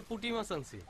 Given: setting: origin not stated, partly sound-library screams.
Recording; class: one-second piece from a danger detection set; normal situation